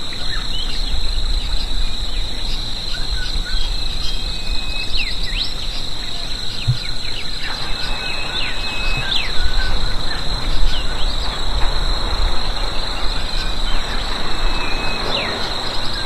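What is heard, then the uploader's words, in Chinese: Outdoors on a stone bridge over open fields, a steady high insect drone runs unbroken through the whole recording, with scattered bird chirps and whistles above it. A low rumble of wind or other noise sits underneath, swelling slightly after the midpoint. 空旷田野的石桥上。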